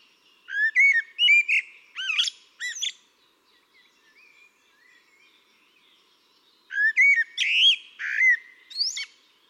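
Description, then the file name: Eurasian blackbird song in two phrases separated by a quiet gap, clear low whistled notes rising into sharp, high, squeaky flourishes. "Turdus merula"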